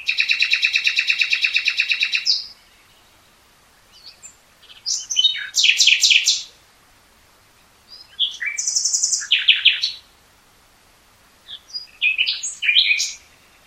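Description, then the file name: Common nightingale song opening with a long, rapid machine-gun run of repeated notes, then several phrases of loud chirps, whistles and trills. "Luscinia megarhynchos"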